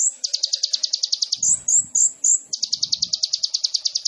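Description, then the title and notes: Sunbird song: fast, high, ringing trill, broken by a few sharp sliding notes, then resuming at the same rapid pace. Indonesian masteran training recording for songbirds, with the bird singing actively (gacor) and full of isian and tembakan song phrases; meant as a lure (pancingan). "MASTERAN KOLIBRI NINJA FULL ISIAN DAN TEMBAKAN COCOK BUAT PANCINGAN. Suara Burung Kolibri Ninja Gacor"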